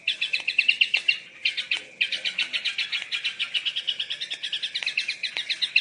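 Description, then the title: Yellow-vented bulbul giving quick bursts of buzzy, rattling notes, broken by short gaps in the first two seconds, then running on steadily. "Suara Trucukan"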